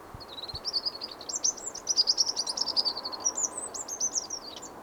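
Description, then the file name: Eurasian wren song, a continuous run of fast, high-pitched trills and chattering notes lasting nearly five seconds, loud and vigorous above faint background hiss. "Troglodytes troglodytes"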